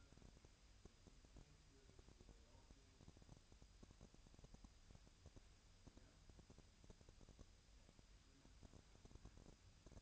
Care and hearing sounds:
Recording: daily activity, microphone in the room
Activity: wipe stove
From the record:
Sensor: 2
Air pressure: 1003.2 hPa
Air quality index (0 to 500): 201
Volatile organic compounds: 6 ppm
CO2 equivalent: 1913 ppm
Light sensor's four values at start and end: 7/16/7/7 and 7/16/7/7

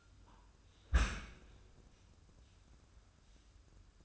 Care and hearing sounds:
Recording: daily activity, microphone in the room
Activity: close dishwasher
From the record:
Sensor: 2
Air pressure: 994.3 hPa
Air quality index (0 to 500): 213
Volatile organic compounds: 1000 ppm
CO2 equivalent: 7065 ppm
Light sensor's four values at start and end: 144/347/147/153 and 121/289/121/124

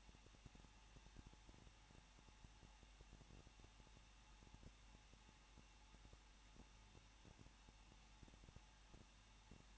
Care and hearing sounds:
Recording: daily activity, microphone in the room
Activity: no activity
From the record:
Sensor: 1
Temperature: 20.1 degrees Celsius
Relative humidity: 39.1%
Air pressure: 1006.3 hPa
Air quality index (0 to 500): 217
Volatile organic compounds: 76 ppm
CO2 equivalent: 3573 ppm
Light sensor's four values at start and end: 1/2/1/1 and 1/2/1/1

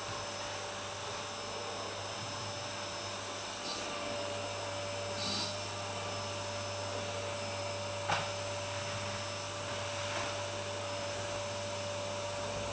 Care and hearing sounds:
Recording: daily activity, microphone in the room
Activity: vacuum cleaning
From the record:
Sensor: 2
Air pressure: 1007.5 hPa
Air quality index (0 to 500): 32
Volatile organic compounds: 1 ppm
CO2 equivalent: 520 ppm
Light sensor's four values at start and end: 7/16/7/7 and 7/16/7/7

